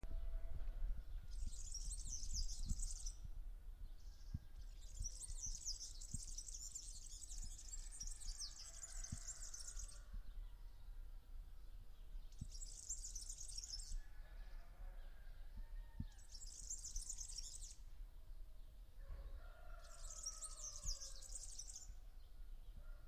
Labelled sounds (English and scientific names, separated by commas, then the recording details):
European Serin (Serinus serinus)
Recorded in the wild
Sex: male
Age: adult
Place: Vasilikos, Zakynthos, Ionien Islands, GR
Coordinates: 37.7131, 20.9775
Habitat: coniferous forest
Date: 2012-07-04
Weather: 25°C, sunny, almost windless
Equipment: Sound Devices 702, Sennheiser MKH 415 T, Rhode Windschutz
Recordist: Frommolt, Karl-Heinz